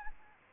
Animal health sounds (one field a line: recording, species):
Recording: mosquito wingbeat signal from an infrared sensor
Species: Anopheles arabiensis